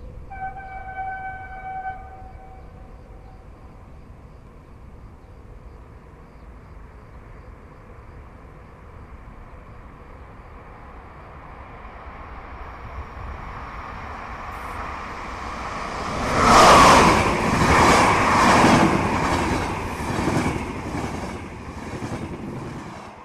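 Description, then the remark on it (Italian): A locomotive rolls through a railway station on track 1 under the station's glass-vaulted roof, its low, dull rumble swelling steadily before a loud roar with rhythmic clattering as it passes. Faint sustained tones ring briefly at the start. “Il rumore sordo di una locomotiva rimbomba sotto la volta vitrea della galleria della stazione”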